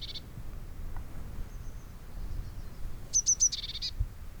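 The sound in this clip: Eurasian blue tit phrase near the end: three high thin notes then a short lower buzzy trill, preceded by a brief high note and quiet background.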